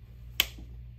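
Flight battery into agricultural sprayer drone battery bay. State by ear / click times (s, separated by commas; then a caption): seated / 0.4 s. A flight battery is pressed down on both sides of its front edge into the battery bay of a DJI Agras T30 or T10 agricultural sprayer drone. A single sharp click at 0.4 s rises over a steady low hum. The battery latches and is secured in place.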